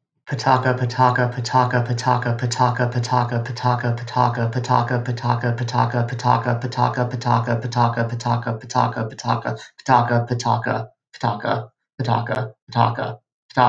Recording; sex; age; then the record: repeated syllables /pa ta ka/; male; 30 to 39 years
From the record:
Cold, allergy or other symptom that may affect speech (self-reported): no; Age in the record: 33 years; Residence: California, United States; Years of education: 18